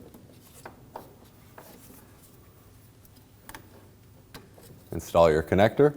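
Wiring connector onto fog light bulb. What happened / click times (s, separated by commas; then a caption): The connector is being handled but has not seated yet / none. A wiring connector is handled near the newly installed fog light bulb socket on a 2013-2015 Subaru XV Crosstrek, with faint rubbing and a few small, soft ticks over the first 4.5 seconds. Someone talks near the end. The connector has not seated or clicked yet.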